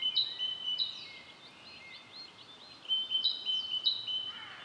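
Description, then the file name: Great tit's piercing two-note phrases come in two short pairs with a gap of soft chirps and thin rising whistles between them. "Parus major"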